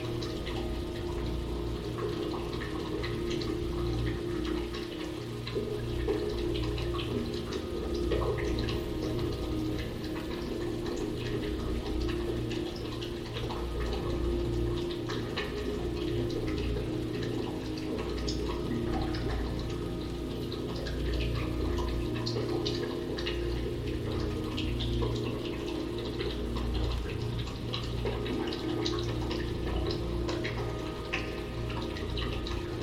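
A hyperspace sleep chamber hums with steady low tones under a constant rush of hiss, like running water. Bright chirring noise sits on top throughout, with faint scattered ticks. Nothing swells or fades across the whole stretch.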